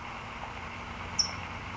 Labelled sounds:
California Towhee
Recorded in Sonoma County, California

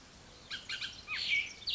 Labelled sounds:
Bullock's Oriole
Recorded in Sonoma County, California

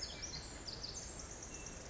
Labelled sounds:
Pacific Wren
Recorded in Sonoma County, California

